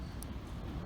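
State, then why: Released. The crown of a watch in its case is pulled out from the first to the second setting position, and the detent gives a small, light click at 0.2 s. The click is a brief high-pitched tick over steady low background rumble, and the crown is released into the second position.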